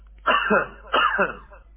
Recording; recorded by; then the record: voluntary cough; telephone call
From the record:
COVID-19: negative